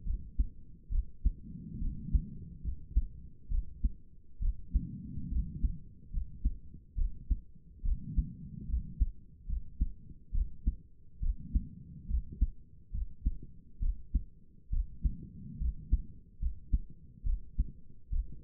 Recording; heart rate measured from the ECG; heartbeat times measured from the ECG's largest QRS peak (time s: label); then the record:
heart sounds by stethoscope; 70 bpm
0.05 s: heartbeat
0.91 s: heartbeat
1.80 s: heartbeat
2.63 s: heartbeat
3.50 s: heartbeat
4.41 s: heartbeat
5.30 s: heartbeat
6.12 s: heartbeat
6.96 s: heartbeat
7.84 s: heartbeat
8.68 s: heartbeat
9.47 s: heartbeat
10.33 s: heartbeat
11.21 s: heartbeat
12.08 s: heartbeat
12.92 s: heartbeat
13.81 s: heartbeat
14.71 s: heartbeat
15.59 s: heartbeat
16.40 s: heartbeat
17.25 s: heartbeat
18.11 s: heartbeat
From the record:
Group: healthy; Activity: rest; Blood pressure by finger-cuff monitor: 76/49 mmHg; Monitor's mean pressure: 60 mmHg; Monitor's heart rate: 71 bpm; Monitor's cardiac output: 5.7 L/min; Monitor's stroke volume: 81 mL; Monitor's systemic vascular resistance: 720 dyn s/cm5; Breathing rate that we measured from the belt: 18 breaths a minute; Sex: female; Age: 22 years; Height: 163 cm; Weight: 67.1 kg